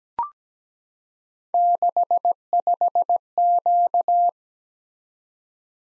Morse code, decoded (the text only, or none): 65Q